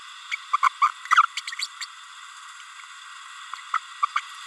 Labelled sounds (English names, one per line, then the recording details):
Green-rumped Parrotlet babbling
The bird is a female
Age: 30 days
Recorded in a nest box in Venezuela
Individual 17B32A7